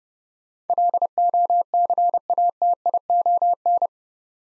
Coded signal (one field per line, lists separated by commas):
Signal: Morse code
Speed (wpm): 30 wpm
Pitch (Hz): 700 Hz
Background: none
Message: LOCATION